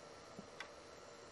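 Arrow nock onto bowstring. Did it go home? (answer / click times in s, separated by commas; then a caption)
yes / 0.6 s. A plastic nock at the end of an arrow is snapped onto a bowstring just under the nocking point bead. A faint low thump comes first, then a single quiet, sharp click at 0.6 s as the nock seats on the string.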